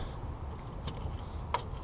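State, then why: Seated. An EVAP canister vent solenoid on a Silverado is slid back onto its plastic mount on the canister and wiggled until it passes the retaining clip. A faint tick is heard at 0.9 s, then a sharp click at 1.5 s as it seats all the way in. The solenoid is confirmed seated, as part of fixing code P0449.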